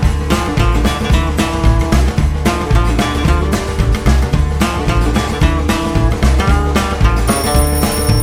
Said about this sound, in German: Der Wecker geht. Ich habe keine Lust, jetzt aufzustehen.